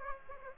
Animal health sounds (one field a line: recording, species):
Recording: mosquito wingbeat signal from an infrared sensor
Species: Aedes aegypti